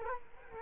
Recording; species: mosquito wingbeat signal from an infrared sensor; Culex quinquefasciatus